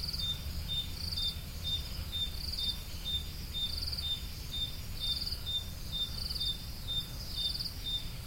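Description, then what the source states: Crickets chirping: short high chirps repeated about twice a second, with a pulsed trill at intervals above them, over low rumbling background noise. Crickets, more than one, recorded at Roodekopjes.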